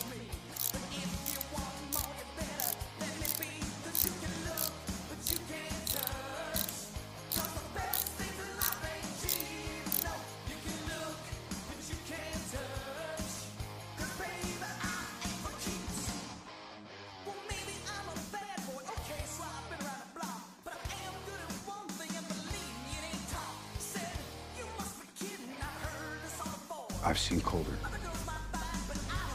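Music plays under mechanical tinkering, with frequent sharp taps and ratcheting clicks over a steady low bass line. The mix stays dense and busy, thins briefly around 17 seconds, and ends with a sustained low drone from about 27 seconds.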